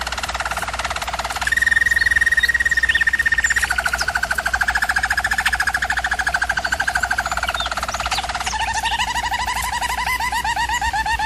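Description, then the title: German Roller canary song, one long unbroken roll of rapid pulsed trills, changing to a higher, then lower, then wavering tour every few seconds, with a low background hum. Canary singing in a training recording. "German Roller Canary Singing - Canary Training Vid"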